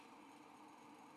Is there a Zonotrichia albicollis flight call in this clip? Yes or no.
no